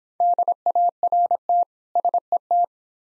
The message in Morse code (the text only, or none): DART SET